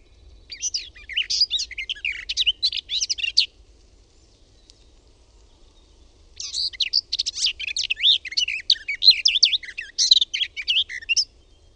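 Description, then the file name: Garden warbler singing sustained, fast babbling phrases full of varied rich notes, a three-second burst followed after a short pause by a longer five-second passage. "LEHTOKERTTU"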